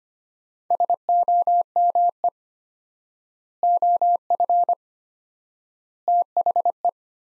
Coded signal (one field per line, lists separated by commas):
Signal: Morse code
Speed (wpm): 25 wpm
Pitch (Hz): 700 Hz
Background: none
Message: SOME OF THE